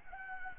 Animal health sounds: mosquito wingbeat signal from an infrared sensor; Anopheles gambiae

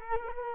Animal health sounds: mosquito wingbeat signal from an infrared sensor; Culex quinquefasciatus

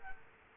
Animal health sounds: mosquito wingbeat signal from an infrared sensor; Culex quinquefasciatus

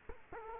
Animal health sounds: mosquito wingbeat signal from an infrared sensor; Culex quinquefasciatus

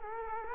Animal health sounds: mosquito wingbeat signal from an infrared sensor; Culex quinquefasciatus

